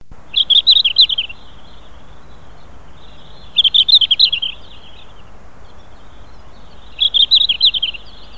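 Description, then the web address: Red-flanked bluetail song, a short high warbling phrase of quick twittering notes, repeated three times about every three and a half seconds over quiet background. 2008. "asahi kenharu 2008 ruribitaki"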